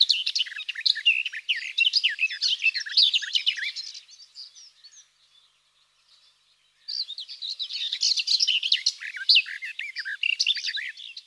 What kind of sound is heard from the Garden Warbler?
song